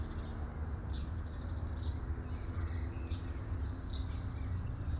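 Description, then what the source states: Bird calling with four short high chirps, evenly spaced, over a constant low background rumble. Birds chirping at midday.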